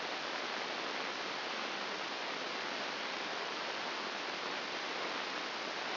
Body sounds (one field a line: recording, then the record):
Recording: brain microelectrode recording played as sound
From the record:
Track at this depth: inside the subthalamic nucleus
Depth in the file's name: 2.904 mm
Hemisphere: left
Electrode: 2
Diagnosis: Parkinson's disease